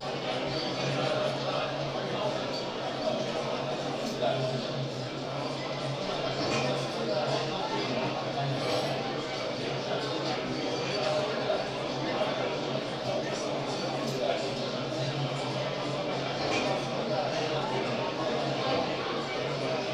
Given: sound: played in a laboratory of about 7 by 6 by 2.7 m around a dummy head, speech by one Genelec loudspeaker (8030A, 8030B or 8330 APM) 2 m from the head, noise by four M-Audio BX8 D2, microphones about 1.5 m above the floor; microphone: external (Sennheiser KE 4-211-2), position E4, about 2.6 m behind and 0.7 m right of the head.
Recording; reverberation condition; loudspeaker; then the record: cafeteria noise; medium; four, about 170 cm from the corners of the room and facing them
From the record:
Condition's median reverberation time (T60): about 510 ms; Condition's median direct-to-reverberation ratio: about -0.5 dB